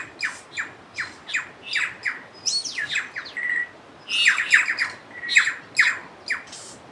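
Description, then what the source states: Birdsong with quick falling whistles and squawky notes, a brief level tone midway, bursts coming in clusters with short gaps. Birds nicknamed Star Wars birds, recorded along the Turangi River loop, New Zealand.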